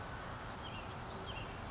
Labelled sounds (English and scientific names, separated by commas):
Western Tanager (Piranga ludoviciana)